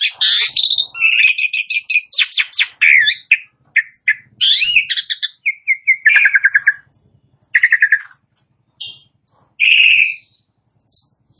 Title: Jalak Suren Langsung Bunyi